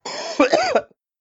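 A brief rasping throat sound leads into one loud, harsh voiced cough from an adult man, with two or three quick bursts, lasting under a second. An acted cough with a throat-clearing quality.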